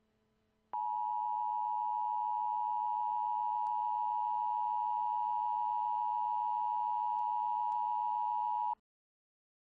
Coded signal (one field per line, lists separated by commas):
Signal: Emergency Alert System (SAME) tones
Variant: 853 and 960 Hz attention tone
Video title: EAS Scenario: Squall Line Catastrophe - Part 1